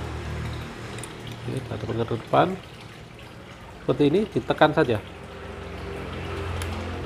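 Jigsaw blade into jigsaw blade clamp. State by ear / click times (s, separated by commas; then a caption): seated / 6.6 s. A jigsaw blade, faced forward, is pressed into the tool-free blade clamp of a Bosch GST 8000 E Professional jigsaw while someone talks. The blade clicks and locks in place in the clamp at 6.6 s.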